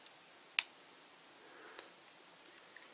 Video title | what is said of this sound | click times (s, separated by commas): TKPB02 Tire Set Formula Review (Kamen Rider Drive) | and once you hear that little click it'll be secured in place | 0.6 s